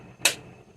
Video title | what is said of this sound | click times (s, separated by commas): Setting up the Servo-n | So once it's snapped into place, we're good to go, | 0.2 s